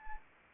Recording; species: mosquito wingbeat signal from an infrared sensor; Anopheles arabiensis